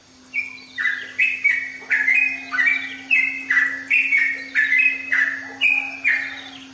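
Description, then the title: Oriental magpie-robin song: quick repeated falling whistles with clicky high onsets, over a steady low electrical hum. "Kicau Kacer"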